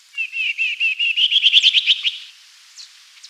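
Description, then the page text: Stripe-throated yuhina calls, a rapid run of high chirps that starts even and climbs into brighter, sharper notes for about two seconds, then stops, followed by a couple of faint notes. "Stripe-Throated Yuhina Calls. Quick Sounds"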